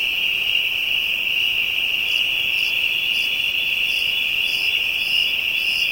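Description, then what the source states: Insects: a dense chorus forms an unbroken high whine, with short higher buzzes appearing from partway through. African insects, ambient soundscape.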